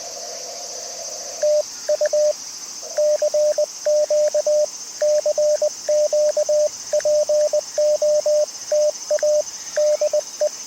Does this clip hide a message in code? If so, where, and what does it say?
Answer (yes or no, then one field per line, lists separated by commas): yes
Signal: Morse code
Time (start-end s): 1.4-10.5 s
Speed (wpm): 20 wpm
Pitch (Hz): 590 Hz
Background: radio noise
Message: TU CQ CQ POTA DE